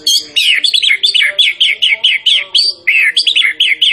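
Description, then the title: White-rumped shama song, a fast run of bright chirpy notes, repeated with slight variation. Champion bird; training (masteran) recording. "Masteran Murai Batu Juara"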